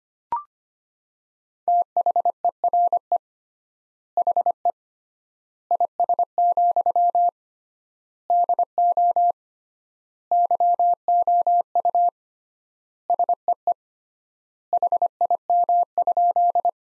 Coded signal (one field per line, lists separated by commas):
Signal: Morse code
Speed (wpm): 25 wpm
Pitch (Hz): 700 Hz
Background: none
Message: THERE HE IS, DO YOU SEE HIM?